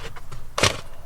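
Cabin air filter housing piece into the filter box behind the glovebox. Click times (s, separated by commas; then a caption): 0.6 s. A cabin air filter housing piece is fitted into the filter box behind the glovebox of a 100 Series Land Cruiser / Lexus LX 470 SUV. Soft handling noise and a faint tap at 0.3 s lead to a sharp, broadband plastic click at 0.6 s as the piece drops in and clips into place, and the housing piece is seated.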